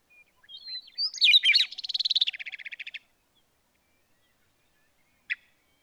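Bird song opening with high thin notes and a jumbled twittering burst, then a fast, even trill of dry pulses, followed after a pause by a single sharp chip.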